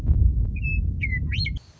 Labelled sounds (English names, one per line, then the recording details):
Western Meadowlark
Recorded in Sonoma County, California